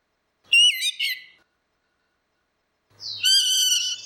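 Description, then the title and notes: Orange-headed thrush song: two short bursts of rich, warbled whistles with sharp rising and falling notes, separated by about one and a half seconds of silence. Continuous singing (ngeplong); a masteran recording used to train Chestnut-capped Thrushes (anis kembang) to learn the song. "Anis Kembang 5. Suara Burung Anis Merah Ngeplong - Versi 6. Masteran Anis Kembang"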